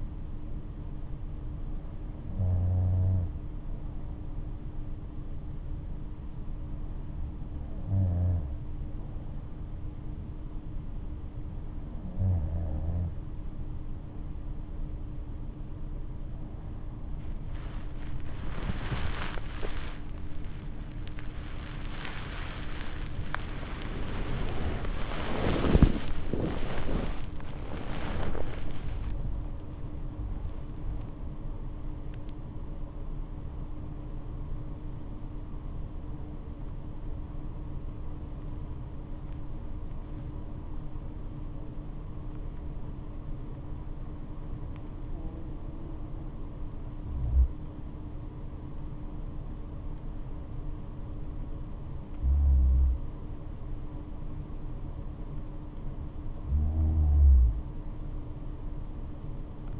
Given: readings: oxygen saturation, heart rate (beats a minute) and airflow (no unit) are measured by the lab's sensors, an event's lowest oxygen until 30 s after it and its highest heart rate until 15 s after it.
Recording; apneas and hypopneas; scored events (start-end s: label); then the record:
breathing in sleep by a smartphone at the bedside; 1
6.00-59.80 s: new sleep stage, N2 (light sleep)
7.00-25.50 s: hypopnea (N2, oxygen 96% highest, then 95% lowest, heart rate 64 at the start, 94 highest)
From the record:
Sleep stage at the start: N3 (deep sleep); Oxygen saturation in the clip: 95 to 97%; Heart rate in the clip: 63 to 94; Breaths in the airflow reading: 12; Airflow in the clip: -8.5 to 12.1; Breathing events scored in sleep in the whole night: 228 in 5.4 hours asleep